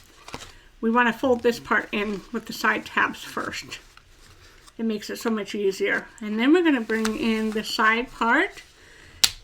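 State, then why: Seated. Someone talks while folding a cardstock paper gift box, folding a part in with the side tabs first and then bringing in the side part. A sharp click at 9.2 s marks a cardstock side tab pushed into its slot, and the tab seats in place.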